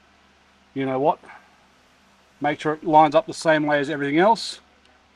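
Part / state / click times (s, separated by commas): wiring loom plug into dash switch / not seated / none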